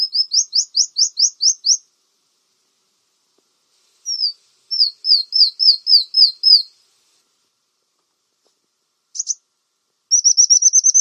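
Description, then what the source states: Brown-throated sunbird singing rapid series of high, downslurred notes in a few bursts separated by pauses, with a brief sharp call between them. Actively singing (gacor).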